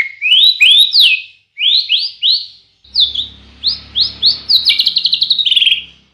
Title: Masteran Murai Batu